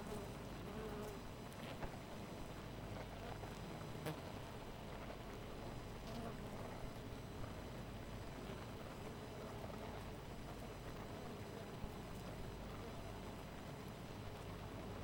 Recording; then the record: honeybee colony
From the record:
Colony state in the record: missing queen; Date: 14 July 2017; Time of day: 4:23